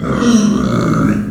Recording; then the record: squeal of a Yucatan mini pig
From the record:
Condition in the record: after surgery on the right vocal fold (resection and tissue-engineered implant); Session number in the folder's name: 6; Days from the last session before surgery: 40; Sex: female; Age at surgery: 19 weeks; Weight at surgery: 25 kg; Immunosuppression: prednisolone